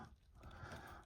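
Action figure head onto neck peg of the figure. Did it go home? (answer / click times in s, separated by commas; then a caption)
no / none. The swappable head of a plastic action figure is pressed onto its neck peg, but the joint is too stiff to seat. Only a soft, breathy rustle of handling is heard, with no sharp sounds. The head has not seated and no pop is heard.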